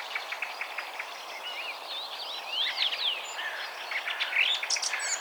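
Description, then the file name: Eurasian blackcap song heard as a busy, jumbled warble of rising and falling notes over a steady hiss of background noise. "Sylvia atricapilla"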